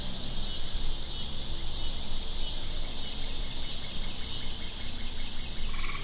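Cicada song: a steady, high, shrill buzzing drone held throughout, over a low rumbling background, with a faint lower chirp near the end.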